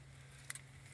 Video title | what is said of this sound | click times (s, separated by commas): Irrigation Clip by AgriClip keeps water where you want it! | take one of the irrigation clips snap it onto the wire and you could actually hear it snap | 0.5 s